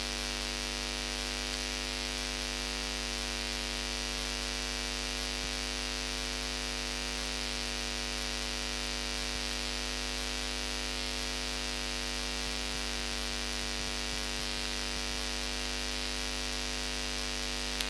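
Very low frequency radio waves come through as a constant electrical hum, with many evenly stacked tones from low to high over a steady hiss. The level never changes across the whole stretch. Only a few faint crackles break through, near the middle and again toward the end.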